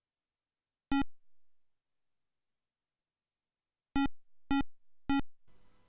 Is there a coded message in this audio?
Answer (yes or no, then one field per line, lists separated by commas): no